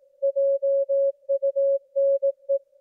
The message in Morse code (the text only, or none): JUNE